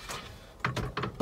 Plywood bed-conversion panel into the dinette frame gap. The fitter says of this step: it just pops into place put our mattress down